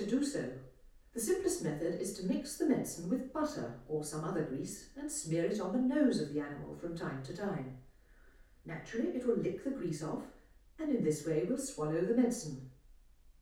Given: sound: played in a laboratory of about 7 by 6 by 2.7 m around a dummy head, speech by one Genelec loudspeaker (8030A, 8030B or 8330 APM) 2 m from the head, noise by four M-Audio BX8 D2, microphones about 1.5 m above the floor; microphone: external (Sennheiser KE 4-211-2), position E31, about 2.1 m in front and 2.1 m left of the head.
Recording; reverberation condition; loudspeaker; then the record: female speech in English; medium; 120 degrees to the right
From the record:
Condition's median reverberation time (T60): about 510 ms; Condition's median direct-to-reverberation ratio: about -0.5 dB